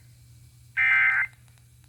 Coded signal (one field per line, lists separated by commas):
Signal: Emergency Alert System (SAME) tones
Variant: end-of-message bursts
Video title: EAS #212-213 Severe Thunderstorm Warning on WDRU and WRKV